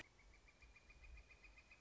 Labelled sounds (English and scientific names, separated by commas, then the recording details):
Northern Flicker (Colaptes auratus)
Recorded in Sonoma County, California